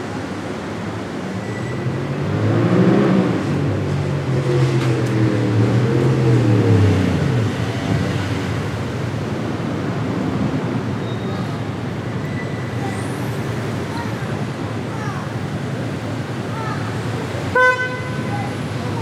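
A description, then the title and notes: A calm street in France, with a low steady hum of traffic and a vehicle rumbling past between about two and eight seconds. Faint voices drift in the background, and a short car horn toots near seventeen seconds. Calm Street in France.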